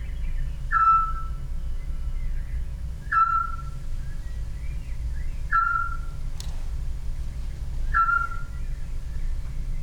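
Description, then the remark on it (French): Short, clear whistled notes from a Eurasian scops owl, in Knut Victor's sound piece Le Petit Duc following a family of scops owls, repeat about every two and a half seconds. Each is a single mellow, slightly falling tone over a steady low rumble of background noise. “Et là, on y suit pendant quelques minutes la vie d'une famille de petits ducs.”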